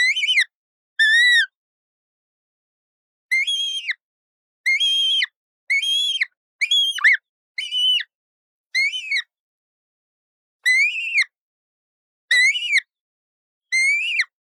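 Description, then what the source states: Yellow-billed kite repeating short, wavering whistled cries, eleven in all, each arching up and dropping away, against a silent background. Chirp.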